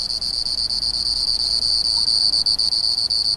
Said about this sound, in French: Quand il chante, ça fait un zzzz qui monte, qui monte, qui monte, et qui à un moment sort totalement du bruit du torrent. Et alors là, il devient parfaitement perceptible et audible vis-à-vis des autres grillons.